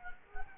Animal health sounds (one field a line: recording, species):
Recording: mosquito wingbeat signal from an infrared sensor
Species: Culex quinquefasciatus